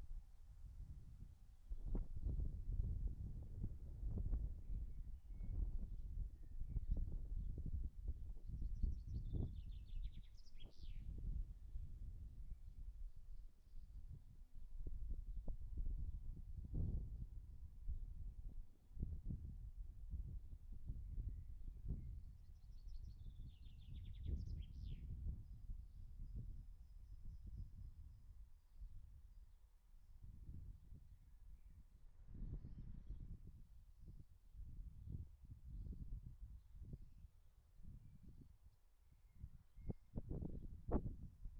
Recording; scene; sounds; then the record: everyday scene through a hearing-aid microphone; wind on the microphone; wind, birds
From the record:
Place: in front of a rural house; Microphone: behind the ear, right, rear